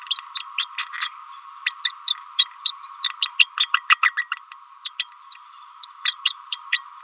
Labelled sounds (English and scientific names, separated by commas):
Green-rumped Parrotlet (Forpus passerinus) babbling